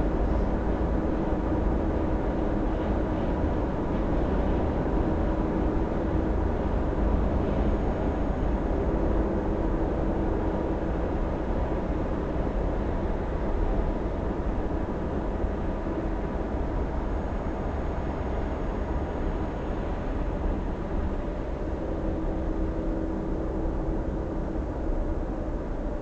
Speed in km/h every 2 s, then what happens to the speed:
100, 100, 100, 96, 93, 91, 89, 86, 82, 78, 76, 77, 75.
4-26 slows to 75.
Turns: none.